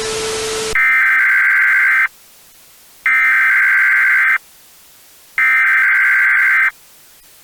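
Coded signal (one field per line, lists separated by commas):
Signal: Emergency Alert System (SAME) tones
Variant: header bursts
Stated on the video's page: Fictional analog-horror EAS scenario; nothing real was broadcast.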